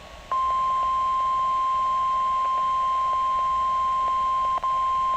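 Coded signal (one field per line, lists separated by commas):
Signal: Emergency Alert System (SAME) tones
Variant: 1050 Hz attention tone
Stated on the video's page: Required monthly test from the weather service, decoded as a weather radio RMT; siren volume lowered.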